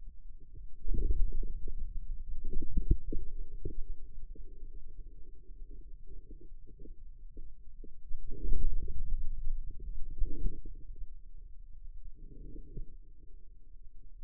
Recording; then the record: forearm muscle sounds (acoustic myography)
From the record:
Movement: inward rotation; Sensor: system 2, bracelet of six BSWA MPA416 microphones around the upper forearm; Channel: 5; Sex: male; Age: 22 years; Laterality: right